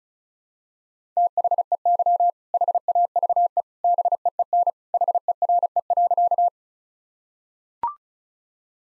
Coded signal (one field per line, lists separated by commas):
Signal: Morse code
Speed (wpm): 36 wpm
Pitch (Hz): 700 Hz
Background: none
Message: THEY HAVE BEEN HERE.